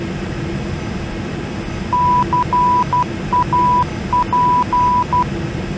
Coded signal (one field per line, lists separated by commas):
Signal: Morse code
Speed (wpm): 12 wpm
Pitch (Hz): 990 Hz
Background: none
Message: CAP